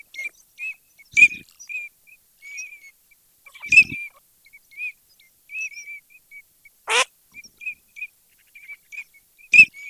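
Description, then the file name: Eurasian teal giving many short, high, piping whistles in loose repeated bursts, with several sharp clicks and one brief rushing sweep. "ALZAVOLA"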